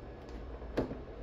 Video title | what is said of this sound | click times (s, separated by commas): FILTRO DO PURIFICADOR ELETROLUX AQUA PLUS 4X COMO TROCAR… | chegar aqui esse cadeadinho agora está encaixado | 0.8 s